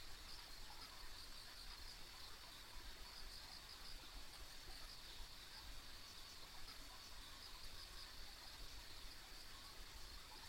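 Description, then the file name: Insect chorus: unbroken high-pitched trilling with small rhythmic flecks, layered above constant low-frequency rumble. Ambient insect sounds recorded on a country road. "田舎道の虫の環境音"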